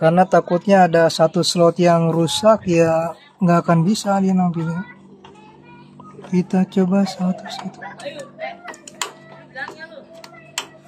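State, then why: Seated. A RAM memory module is pressed into a single motherboard DIMM slot, tried one slot at a time in case a slot is faulty, while someone talks. The plastic retaining clips snap shut with two sharp clicks at 9.0 s and 10.6 s, and the module is seated, installed and ready to test.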